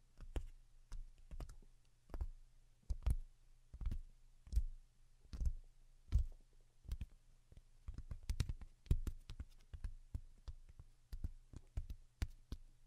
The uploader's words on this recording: Most Delicate and Calming Tapping. (No Talking).